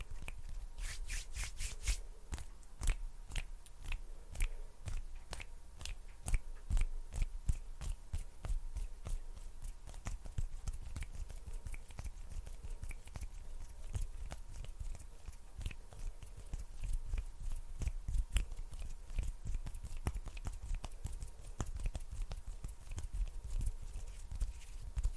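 Sticky hand sounds and finger snaps come in a fast, uneven stream of sharp, bright clicks and smacks for the full 25 seconds. They cluster most densely in the first few seconds, then keep arriving at irregular intervals over a faint, steady low hiss.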